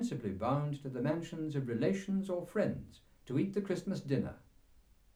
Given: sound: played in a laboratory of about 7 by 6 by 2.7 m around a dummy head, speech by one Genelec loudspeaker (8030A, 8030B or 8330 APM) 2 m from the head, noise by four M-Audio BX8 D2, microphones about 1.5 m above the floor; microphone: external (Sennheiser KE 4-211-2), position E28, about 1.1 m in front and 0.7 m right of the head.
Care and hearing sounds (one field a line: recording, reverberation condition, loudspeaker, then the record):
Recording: male speech in English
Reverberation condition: low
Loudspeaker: 90 degrees to the right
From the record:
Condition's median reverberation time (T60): about 310 ms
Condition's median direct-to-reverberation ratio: about 3.5 dB